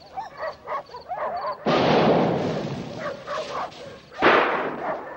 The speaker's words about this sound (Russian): Слышит вдалеке взрыв.